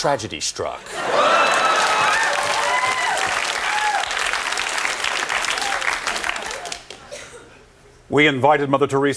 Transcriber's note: soundbite of applause and cheers